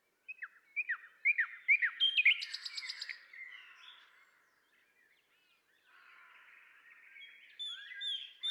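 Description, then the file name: Common nightingale song, sharp downslurred chips repeated quickly, a fast buzzy trill, then softer scratchy warbling after a short gap. "Luscinia megarhynchos"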